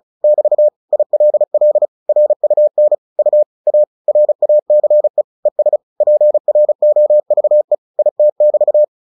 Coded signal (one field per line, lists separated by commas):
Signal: Morse code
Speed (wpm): 36 wpm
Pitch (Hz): 600 Hz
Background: none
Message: <BT> ILL RUN U A RACE ES PROVE IT <BT>